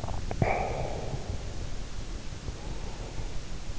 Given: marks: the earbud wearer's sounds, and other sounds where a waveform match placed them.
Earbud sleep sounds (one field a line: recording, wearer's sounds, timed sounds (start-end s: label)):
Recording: sounds in sleep by an in-ear microphone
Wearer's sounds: breath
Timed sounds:
0.29-1.54 s: breath